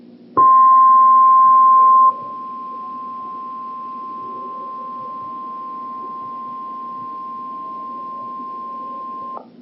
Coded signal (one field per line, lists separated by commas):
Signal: Emergency Alert System (SAME) tones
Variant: 1050 Hz attention tone